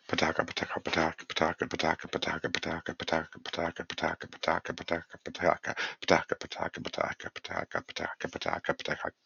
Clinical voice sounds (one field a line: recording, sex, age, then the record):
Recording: repeated syllables /pa ta ka/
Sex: male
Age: 30 to 39 years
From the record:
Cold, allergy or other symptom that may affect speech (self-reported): no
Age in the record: 39 years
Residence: Massachusetts, United States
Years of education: 16